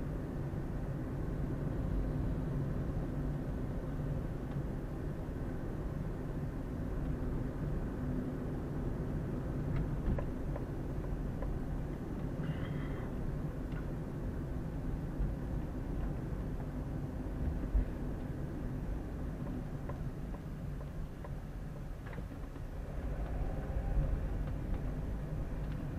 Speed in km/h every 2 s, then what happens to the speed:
31, 31, 31, 31, 30, 30, 29, 28, 28, 25, 16, 12, 17.
0-16 steady at about 30. 16-21 slows to 12.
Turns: none.